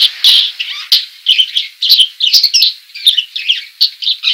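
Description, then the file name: Budgerigar chatter of quick, harsh chirps and squeaky warbled notes tumbling together in a dense, rapid sequence. Female. "suara burung parkit betina"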